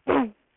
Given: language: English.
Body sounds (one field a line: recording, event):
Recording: throat vibration sensor signal played as sound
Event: throat clearing